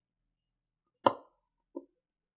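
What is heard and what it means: The steel mainspring of a 1920s IWC pocket watch is pressed by hand into its barrel, giving a sharp click at 1.1 s and a fainter second click at 1.8 s. The spring is now seated, nestled in place in the barrel.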